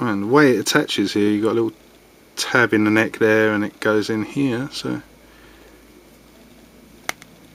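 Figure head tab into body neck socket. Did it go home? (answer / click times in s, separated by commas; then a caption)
yes / 7.1 s. Someone talks, then the plastic head of a Simpsons Bust-Ups figure is pushed onto its body so the tab in the neck goes into the socket. A sharp click lands at 7.1 s, followed by a faint second tick at 7.2 s. The head is firmly seated with a solid click.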